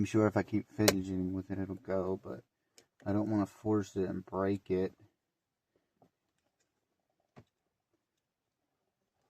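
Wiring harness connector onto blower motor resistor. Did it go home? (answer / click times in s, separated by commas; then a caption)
no / none. Someone talks while trying again, without forcing it, to seat the wiring harness connector onto the blower motor resistor of a 2006 Dodge Dakota. After the talking, only a couple of faint, brief clicks are heard, near 6.0 s and 7.4 s. The connector has not clicked into place yet.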